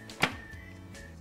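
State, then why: Seated. A Nutri Ninja Auto-iQ compact blend-and-prep bowl is turned clockwise on its motor base until it clicks into place at 0.2 s. A small soft knock at 0.1 s comes just before the sharp click, followed by a faint steady hum. The bowl is seated on the base.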